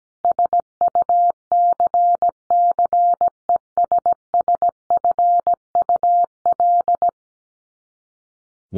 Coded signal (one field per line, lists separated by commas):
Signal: Morse code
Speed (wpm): 17 wpm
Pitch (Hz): 700 Hz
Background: none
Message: SUCCESSFUL